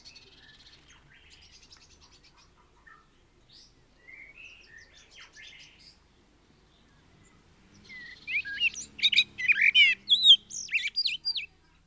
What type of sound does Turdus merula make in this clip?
song